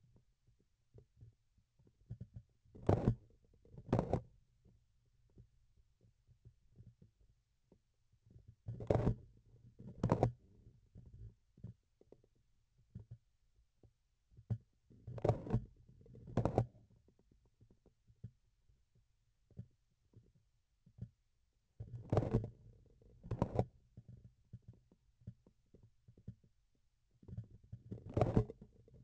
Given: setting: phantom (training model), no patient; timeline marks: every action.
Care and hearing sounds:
laparoscopic instrument, vibration sensor on the handle end; grasping forceps
2.61-3.37 s: forceps opening
3.61-4.35 s: forceps closing
8.60-9.30 s: forceps opening
9.75-10.43 s: forceps closing
14.86-15.76 s: forceps opening
15.88-16.87 s: forceps closing
21.76-22.82 s: forceps opening
23.14-23.94 s: forceps closing
27.76-28.69 s: forceps opening
28.82-29.03 s: forceps closing
From the record:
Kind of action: tool actuation without material contact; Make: other than Olympus

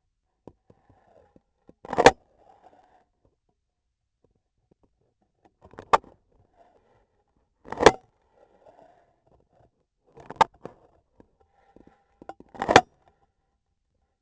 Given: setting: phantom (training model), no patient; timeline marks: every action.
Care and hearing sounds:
laparoscopic instrument, vibration sensor on the handle end; scissors
1.67-2.38 s: cutting foam
5.51-6.43 s: scissors opening
7.53-8.24 s: cutting foam
10.05-10.83 s: scissors opening
12.07-13.10 s: cutting foam
From the record:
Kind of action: gesture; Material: foam

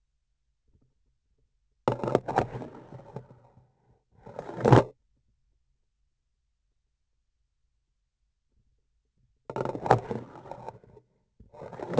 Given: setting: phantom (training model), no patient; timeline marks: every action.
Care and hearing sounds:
laparoscopic instrument, vibration sensor on the handle end; grasping forceps
1.81-3.62 s: insertion through the trocar
4.10-4.93 s: removal through the trocar
9.44-11.07 s: insertion through the trocar
11.38-11.99 s: removal through the trocar
From the record:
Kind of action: spatial motion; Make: other than Olympus

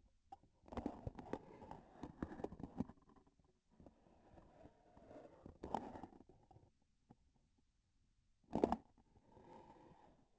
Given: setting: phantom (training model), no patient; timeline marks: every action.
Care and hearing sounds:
laparoscopic instrument, vibration sensor on the handle end; grasping forceps
0.57-1.52 s: releasing tissue
5.57-6.31 s: grasping tissue
8.37-9.00 s: releasing tissue
From the record:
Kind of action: gesture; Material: synthetic tissue

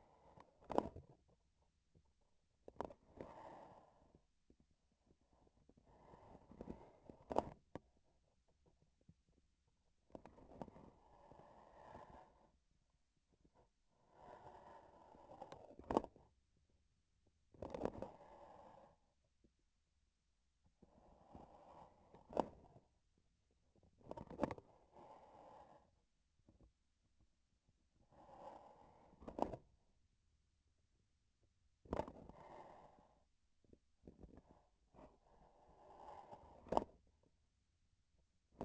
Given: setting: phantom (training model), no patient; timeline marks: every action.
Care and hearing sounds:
laparoscopic instrument, vibration sensor on the handle end; grasping forceps
0.57-1.15 s: grasping tissue
2.57-3.04 s: releasing tissue
7.20-7.61 s: grasping tissue
9.93-11.01 s: releasing tissue
15.75-16.37 s: grasping tissue
17.44-18.16 s: releasing tissue
22.21-22.85 s: grasping tissue
23.94-24.67 s: releasing tissue
29.13-29.71 s: grasping tissue
31.73-32.18 s: releasing tissue
36.61-37.04 s: grasping tissue
38.44-38.65 s: releasing tissue
From the record:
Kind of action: gesture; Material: synthetic tissue

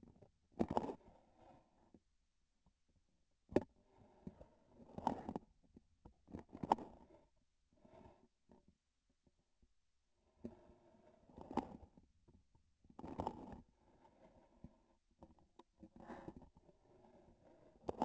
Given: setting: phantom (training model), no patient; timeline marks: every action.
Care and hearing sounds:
laparoscopic instrument, vibration sensor on the handle end; grasping forceps
0.46-1.10 s: releasing tissue
4.85-5.47 s: grasping tissue
6.20-7.36 s: releasing tissue
11.21-12.03 s: grasping tissue
12.87-13.67 s: releasing tissue
17.77-18.05 s: grasping tissue
From the record:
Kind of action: gesture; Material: synthetic tissue

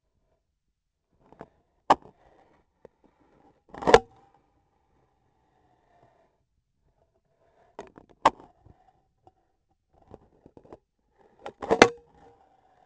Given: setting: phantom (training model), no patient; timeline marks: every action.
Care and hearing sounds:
laparoscopic instrument, vibration sensor on the handle end; scissors
1.84-2.71 s: scissors opening
3.63-4.42 s: cutting foam
8.16-8.59 s: scissors opening
11.56-12.16 s: cutting foam
From the record:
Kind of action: gesture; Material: foam

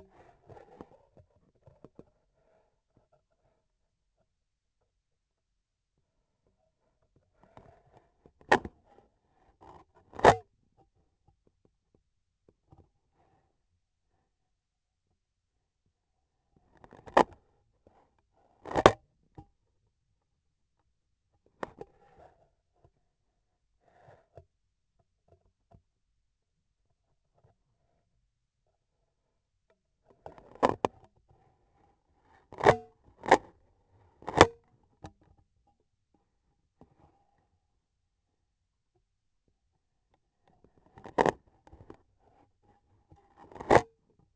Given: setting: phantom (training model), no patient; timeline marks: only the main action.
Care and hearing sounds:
laparoscopic instrument, vibration sensor on the handle end; scissors
9.84-10.55 s: cutting thread
18.30-19.16 s: cutting thread
34.15-34.71 s: cutting thread
42.99-44.02 s: cutting thread
From the record:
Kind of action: gesture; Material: cotton thread

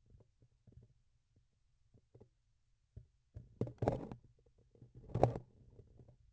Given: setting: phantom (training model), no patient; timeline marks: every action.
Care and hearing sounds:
laparoscopic instrument, vibration sensor on the handle end; grasping forceps
3.25-4.32 s: forceps opening
4.89-6.21 s: forceps closing
From the record:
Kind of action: tool actuation without material contact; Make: other than Olympus

